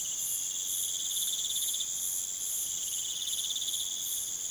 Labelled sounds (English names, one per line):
none